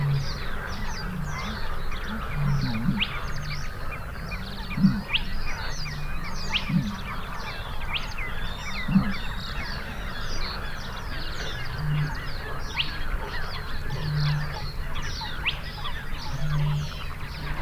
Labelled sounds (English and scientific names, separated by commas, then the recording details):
Spotted Crake (Porzana porzana) song
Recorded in the wild
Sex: male
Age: adult
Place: Kützerhof, Kummerower See, Mecklenburg-Vorpommern, DE
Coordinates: 53.8517, 12.8794
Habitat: wetland
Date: 2008-05-15
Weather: ca. 10°C, fast windstill, zunehmender Mond
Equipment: Sound Devices 702, Sennheiser MKH 70, Windkorb
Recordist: Frommolt, Karl-Heinz